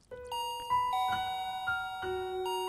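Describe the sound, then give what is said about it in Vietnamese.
A gate bell rings out a short chime melody, a series of clear, sustained electronic tones stepping up and down in pitch and overlapping as each note rings on, with no voices. “Đón bọn tôi sau một tiếng chuông cổng là một người đàn ông chừng 40 tuổi”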